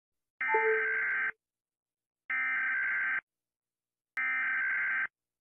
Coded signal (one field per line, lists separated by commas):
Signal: Emergency Alert System (SAME) tones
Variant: header bursts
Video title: Rating eas alerts